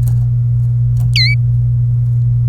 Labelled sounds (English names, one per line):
Domestic Canary song